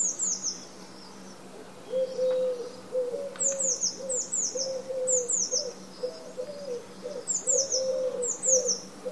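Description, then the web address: Bird calls: a repeated series of low hooting notes, with high thin whistled notes in groups. "Bird Only"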